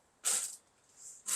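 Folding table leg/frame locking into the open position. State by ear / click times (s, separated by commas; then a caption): not seated / none. The frame and legs of a folding grill table for an ASMOKE AS350 are being popped out and handled toward their locked, open position. A bright, hissy scraping burst runs from about 0.2 to 0.6 s, a softer hiss follows around 0.9 to 1.2 s, and another sharp burst starts near 1.3 s as the clip ends. Nothing has seated or clicked into place yet.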